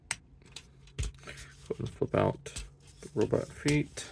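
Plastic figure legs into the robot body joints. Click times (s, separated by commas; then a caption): 0.1 s. The plastic legs of a combiner robot toy figure are pushed into the robot body joints and pop into their locked position with a sharp, loud snap at 0.1 s. Softer plastic clicks and handling sounds follow while someone talks. The legs are seated in place.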